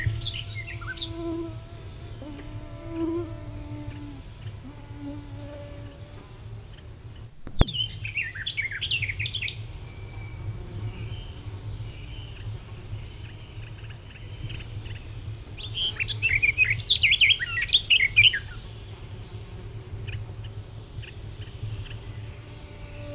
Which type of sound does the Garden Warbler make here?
song